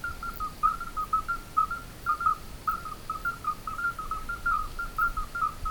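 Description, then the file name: Midwife toads giving short, pure whistled notes at a steady pitch, several callers overlapping in a quick uneven series. 23 August 2016. "Chant Alyte 23 08 16"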